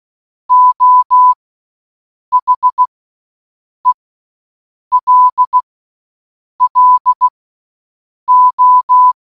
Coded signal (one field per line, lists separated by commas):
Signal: Morse code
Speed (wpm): 16 wpm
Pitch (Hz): 1000 Hz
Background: none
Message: O HELLO